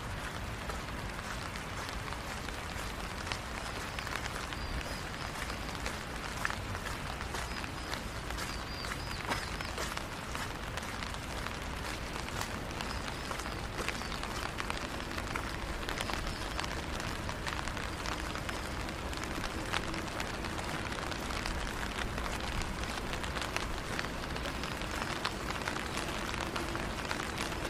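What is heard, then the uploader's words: A walk through a neighborhood in the rain, with a dense, steady patter of drops hitting surfaces for the whole stretch. Splashes and taps come fast and irregular, over a low rumble that may be passing traffic. Long Walk In The Rain Around The Neighborhood.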